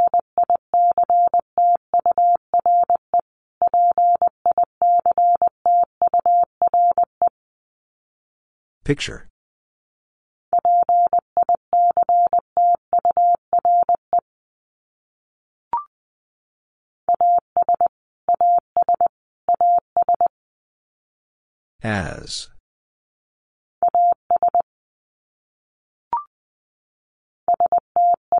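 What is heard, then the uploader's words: Morse code beeps in a steady mid-pitched tone, sent in rapid groups of short and long pulses separated by brief silences. Around 9 and 22 seconds, short bursts of hiss or crackle cut in, and faint clicks appear near 16 and 26 seconds. Top 300 Words Repeated 20wpm. First, the word is sent three times in Morse code. Then it is spoken. Finally, it is sent again in Morse code.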